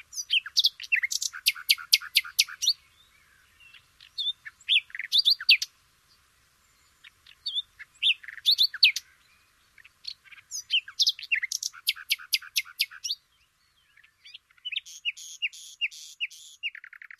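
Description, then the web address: Nightingale song in several bursts of fast, sharp repeated notes and chirps separated by brief silences, ending in a rhythmic series of repeated strokes. "shamanippon-2012 Nightingale"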